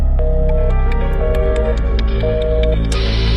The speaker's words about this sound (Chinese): 一阵电话忙音，录音只剩下嘶嘶的杂音。